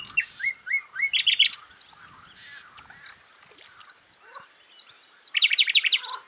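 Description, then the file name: Common nightingale song with rising piping notes and a quick rattle, a pause of soft notes, then a run of descending whistles and a loud rapid trill. "Luscinia megarhynchos"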